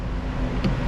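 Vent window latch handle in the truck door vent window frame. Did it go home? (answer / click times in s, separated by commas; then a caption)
no / none. A rebuilt vent window latch handle in a Squarebody truck's door vent window frame is handled and turned toward its locked position, giving a steady low rumbling handling noise with a brief louder metallic burst near 0.9 s. The clip ends just before the latch locks, so nothing has seated or clicked yet.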